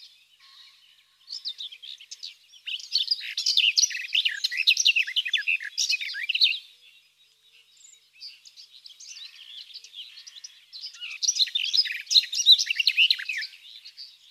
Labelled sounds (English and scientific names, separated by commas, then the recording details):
Garden Warbler (Sylvia borin) song
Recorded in the wild
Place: Waltershofen / Freiburg im Breisgau, Baden-Württemberg, DE
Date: 2001-06-04
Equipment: MiniDisc Sharp MT 20 H
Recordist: Schwarz, Dieter